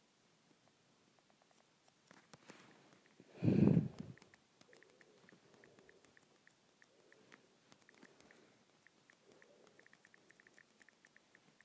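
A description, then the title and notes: Fingertips tap on an iPad screen in quick, uneven bursts of small dry clicks, starting about two seconds in and continuing to the end. A single loud, dull thump lands around three and a half seconds. Soft low rustling sits underneath the taps. IPad Screen Tapping.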